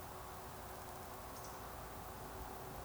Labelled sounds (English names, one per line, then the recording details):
Eurasian Woodcock whistle
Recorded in Baden-Württemberg, Germany, on 28 May 2021 at 20:04 UTC
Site 46435, 986 m above sea level